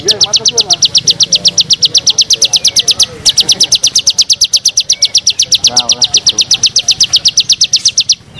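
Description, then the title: Bar-winged prinia song: steady, rapid, high clipped notes repeated many times a second, with one short break midway and faint lower calls behind. "Suara Burung Ciblek"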